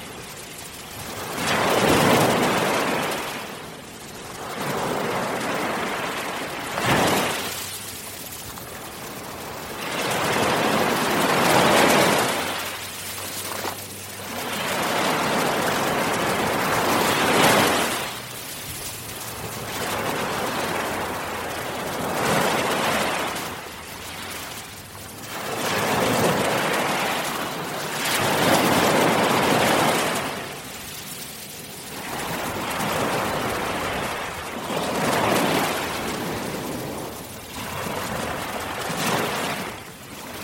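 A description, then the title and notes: Ocean waves crash and wash in a steady rhythm, a new swell building and breaking about every five seconds. Each surge rises into a loud, full hiss of churning water, then eases to a softer rush before the next arrives, with no gaps of silence. Peaceful sounds of crashing waves.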